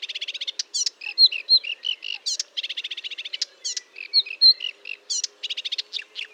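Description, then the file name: Marsh warbler singing a rapid medley of rattling trills, nasal buzzes and clear whistled notes, each phrase quickly giving way to the next. Song recorded at Fontaine-Française, Fourneau, on 1 June 2022 at 10:55, using a Nagra recorder with a Telinga microphone. "Rousserolle verderolle 1055 Fontaine-Francaise-Fourneau"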